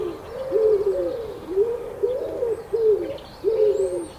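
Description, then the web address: Pigeon cooing in a steady run of short, low, rounded phrases over quiet background sound. Early morning. "Tom Hutchings Birds Early Morning Featuring Pigeons"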